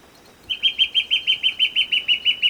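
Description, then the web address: White-backed fire-eye song: a brisk, even series of about thirteen short whistled notes, delivered rapidly over two seconds against a quiet background. Recorded in Ecuador. "Birds of Ecuador 2. White-Backed Fire-Eye"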